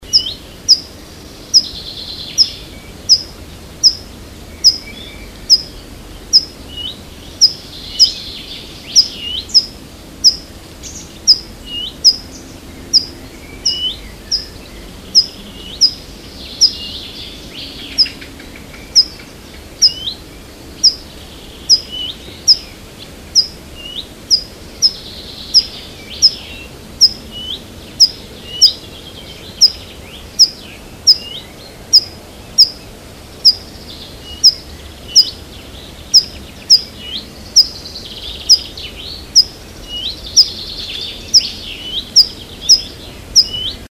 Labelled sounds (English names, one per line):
Tree Pipit call